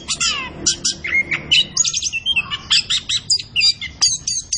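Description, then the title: Orange-headed thrush singing quick, varied chirps and short whistles, one falling slurred note early, then a run of crisp repeated high notes. Indonesian songbird-keeping training recording (masteran), bird described as gacor. "Anis Kembang Gacor. Kicau Mania Masteran Anis Kembang"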